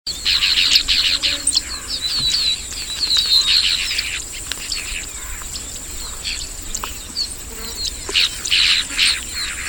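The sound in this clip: Black-throated weaver calls, dense bursts of harsh chattering and sizzling chirps repeated in waves, over a constant high-pitched whine.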